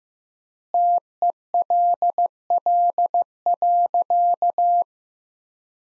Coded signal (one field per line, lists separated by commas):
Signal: Morse code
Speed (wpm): 15 wpm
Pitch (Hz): 700 Hz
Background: none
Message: TELL.